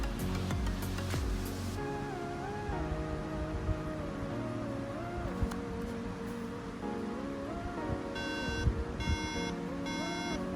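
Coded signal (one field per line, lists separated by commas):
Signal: beep code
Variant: Apple Mac startup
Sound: three identical half-second electronic beeps, evenly spaced, near the end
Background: background music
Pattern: 3 short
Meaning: Three beeps at startup indicate a RAM problem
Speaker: you can hear there are three beeps coming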